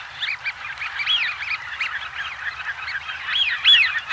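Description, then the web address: Eurasian wigeon flock in dense chorus, many overlapping whistles and short calls running continuously, with louder whistles toward the end. Large flock of wigeon at a pool. "BBC Ducks"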